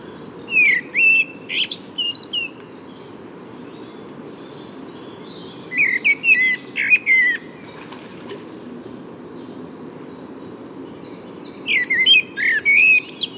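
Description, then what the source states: Common blackbird singing: short warbled phrases with a fluted start and twittering end, given about every five to six seconds over a steady low background hum. Second individual blackbird; Bois de Vincennes, 6 April 2018, with permanent suburban background noise.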